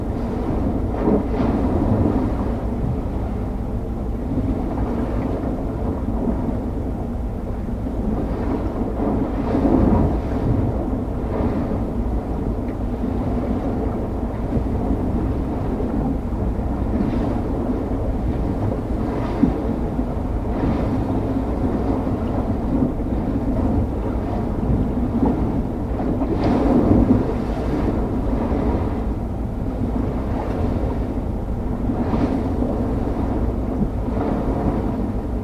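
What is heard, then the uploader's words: A storm heard from inside a large metal tube, a steady, dense, low roar that hums and resonates with little brightness. Gusts swell briefly every few seconds, with stronger surges near 10 and 27 seconds, and faint rattling knocks scattered throughout. Bad Weather In A Tube. Placed my recorder in a large metal tube while a storm was raging outside.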